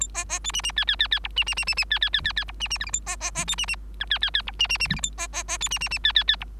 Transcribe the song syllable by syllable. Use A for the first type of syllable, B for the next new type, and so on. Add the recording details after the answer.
A B B C D D E E E E F D D D D D E E E E E F D D G H A B B B C D D I E E E F D D D G H A B B B C D D D E E E F. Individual Bird3